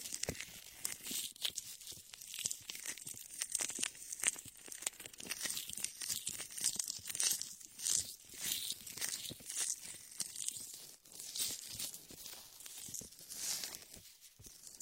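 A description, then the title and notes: Latex gloves massage ears with shaving foam, a dense, continuous bright crinkling and squishing with rapid irregular crackles, briefly quieter near eleven seconds. Latex ear massage with shaving foam for comfort.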